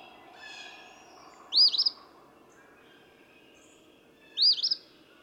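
Eastern phoebe delivering two rough, burry phrases about three seconds apart, against background noise.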